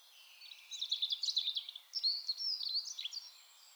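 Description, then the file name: European robin song, two quick high twittering phrases with trilled notes, over light background hiss. "Erithacus rubecula"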